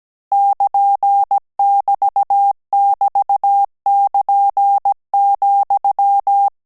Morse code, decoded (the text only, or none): <KN><BT><BT><KN>,